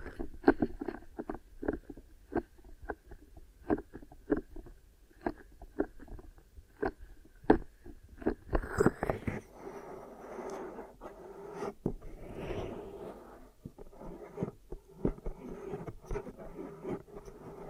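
Glue ear massage and cleaning: a run of quick, sharp clicks and taps, fairly regular, fills the first eight seconds. After that the sounds blur into rubbing and squelchy smearing with a low rumble, broken by occasional louder snaps through to the end.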